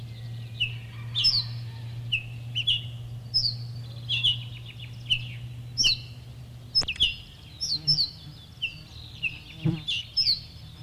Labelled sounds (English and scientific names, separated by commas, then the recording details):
Ortolan Bunting (Emberiza hortulana) alarm call
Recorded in the wild
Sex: pair
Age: adult
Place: Schloß Holte-Stukenbrock, Senne, Nordrhein-Westfalen, DE
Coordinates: 51.8667, 8.66667
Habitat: edge of the woods
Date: 1964-06-07
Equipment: Uher 4000 Report-S, Bändchenmikro Beyer M 260, Parabolspiegel Polyester (470 mm)
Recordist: Conrads, Klaus